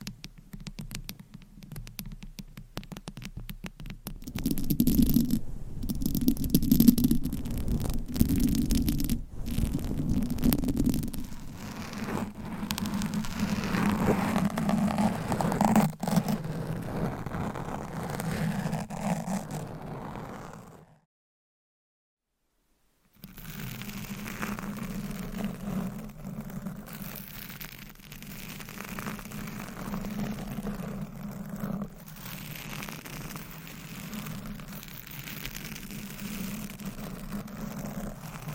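Scratching and tapping with a low, steady rumble underneath, starting with a thin crackle, then growing louder and denser from about five seconds as rough rubbing strokes sweep on. Everything cuts to silence briefly around twenty-one seconds, then the softer scratching resumes.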